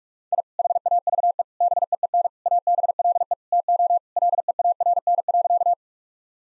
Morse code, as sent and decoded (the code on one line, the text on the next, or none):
.. / .... .- ...- . / -... . . -. / .- -... .-.. . / - --- / .-.. . .- .-. -. .-.-.-
I HAVE BEEN ABLE TO LEARN.